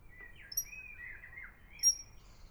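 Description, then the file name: Eurasian otter whistling in a steady run of wavering, slightly dipping high notes, joined by a few short piercing upper tones. Whistle calls given while swimming. "European Otter Whistle Calls While Swimming"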